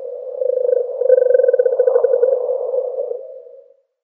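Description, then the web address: Hooded Merganser male giving a low, pulsed, rolling growl that fades after nearly four seconds, with a faint thin higher tone above. "Schulze Peter Hooded Merganser"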